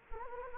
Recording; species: mosquito wingbeat signal from an infrared sensor; Anopheles gambiae